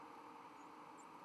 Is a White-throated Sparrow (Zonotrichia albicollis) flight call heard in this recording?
no